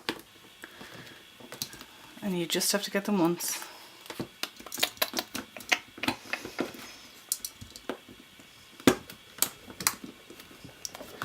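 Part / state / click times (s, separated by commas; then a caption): metal binder ring mechanism into leather planner spine mounting / not seated / none. A replacement metal binder ring mechanism is worked by hand into its mounting on the back plate inside a thick leather Gillio Mia Cara pocket planner, with repeated sharp metallic taps and clacks of handling while someone talks. Nothing has seated or clicked into place yet.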